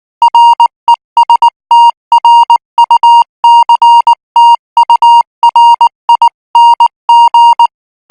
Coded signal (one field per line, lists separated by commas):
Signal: Morse code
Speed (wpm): 19 wpm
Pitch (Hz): 940 Hz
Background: music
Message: RESTRUCTURING